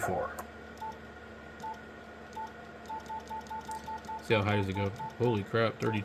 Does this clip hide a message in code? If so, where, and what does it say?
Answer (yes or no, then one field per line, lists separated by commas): no